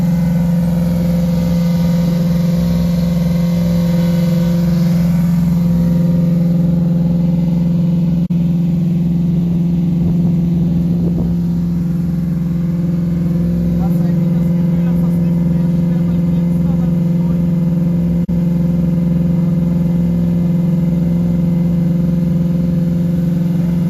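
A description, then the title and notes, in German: A car engine hums steadily from inside the vehicle during a test drive, with a strong low drone holding a fairly constant pitch throughout. Around the middle the tone shifts slightly as the car accelerates, while road rumble and faint rattles continue underneath. Acceleration Testfahrt (pure sound). Fahrzeug: FS219. Ort: Metro.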